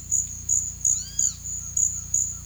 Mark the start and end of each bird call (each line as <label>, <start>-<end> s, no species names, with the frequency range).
bird call (1.3-8.9 kHz), 0.85-1.30 s